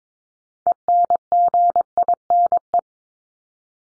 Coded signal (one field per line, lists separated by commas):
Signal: Morse code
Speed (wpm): 22 wpm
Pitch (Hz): 700 Hz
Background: none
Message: ENGINE